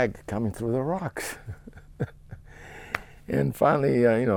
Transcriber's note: he laughs